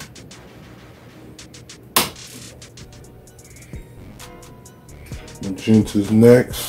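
A refilled cyan sublimation ink cartridge (Cosmos Ink) is pushed into the carriage bay of an Epson WF-7720 inkjet printer, with music playing and someone talking. A loud, sharp click at 2.0 s shows the cartridge snapping home and seating.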